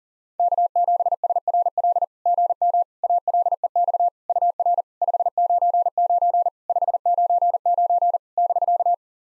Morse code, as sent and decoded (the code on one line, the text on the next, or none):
-.- --... ... .-. .-.. / --. -- / .- .-.. . -..- / ..- .-. / ..... ----. ----. / ..... ----. ----. / -...-.-
K7SRL GM ALEX UR 599 599 <BK>